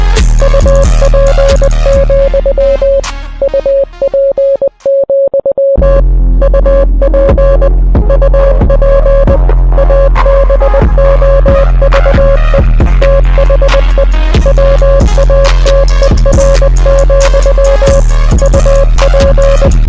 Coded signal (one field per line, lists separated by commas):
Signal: Morse code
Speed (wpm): 20 wpm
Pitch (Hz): 550 Hz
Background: music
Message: UP, UP, UP UP ABOVE THE WATER, UP